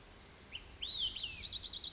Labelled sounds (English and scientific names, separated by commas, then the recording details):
Olive-sided Flycatcher (Contopus cooperi)
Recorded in Sonoma County, California